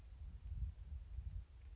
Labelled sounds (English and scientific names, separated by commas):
Blue-gray Gnatcatcher (Polioptila caerulea)